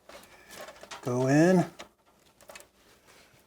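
Another PC power cable connector, lined up with the previous one, is being pushed toward its PC power socket while someone talks. Faint handling taps and rustles come around 0.1 s, 0.9 s and 2.4–2.6 s. The connector is handled but not yet home, and nothing has seated or clicked yet.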